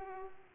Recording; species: mosquito wingbeat signal from an infrared sensor; Culex pipiens